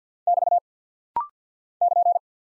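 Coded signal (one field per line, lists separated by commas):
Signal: Morse code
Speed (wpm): 48 wpm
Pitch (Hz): 700 Hz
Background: none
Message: <BT> <KN>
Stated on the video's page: Rapid-fire Morse drill of punctuation and prosign characters at 50 wpm, each sent twice, for instant character recognition.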